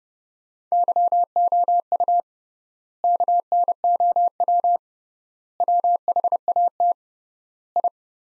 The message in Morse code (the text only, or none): YOU KNOW WHAT I